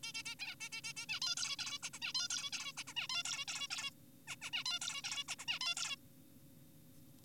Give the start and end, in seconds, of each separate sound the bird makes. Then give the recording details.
0.03-0.12, 0.14-0.23, 0.26-0.35, 0.39-0.55, 0.60-0.69, 0.72-0.81, 0.84-0.93, 0.97-1.06, 1.09-1.20, 1.22-1.35, 1.37-1.56, 1.59-1.79, 1.83-1.89, 1.94-1.99, 2.02-2.13, 2.15-2.28, 2.31-2.50, 2.52-2.73, 2.77-2.84, 2.87-2.94, 2.96-3.07, 3.10-3.23, 3.25-3.45, 3.48-3.68, 3.71-3.91, 4.28-4.36, 4.42-4.50, 4.53-4.64, 4.66-4.79, 4.82-5.02, 5.04-5.24, 5.29-5.36, 5.39-5.45, 5.48-5.59, 5.61-5.75, 5.77-5.96. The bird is an adult. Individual g4p5U